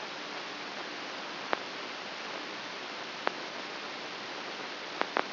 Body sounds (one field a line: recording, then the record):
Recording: brain microelectrode recording played as sound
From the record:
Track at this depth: inside the subthalamic nucleus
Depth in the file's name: 3.04 mm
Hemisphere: right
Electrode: 2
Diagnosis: Parkinson's disease